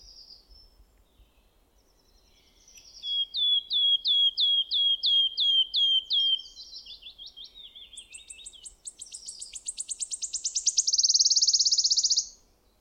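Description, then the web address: Wood warbler song: a slow series of several clear, down-slurred piping notes, then softer notes, then a quickening run of ticks ending in a buzzy shivering trill. "geluiden fluiter zang"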